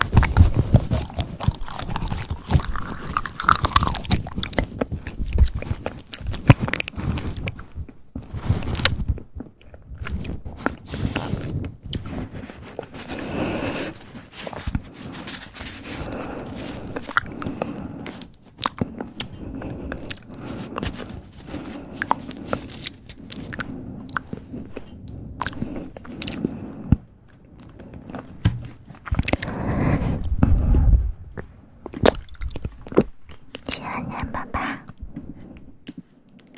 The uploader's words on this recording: ASMR Soft Mouth Sounds.